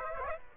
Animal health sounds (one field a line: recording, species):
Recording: mosquito wingbeat signal from an infrared sensor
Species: Aedes aegypti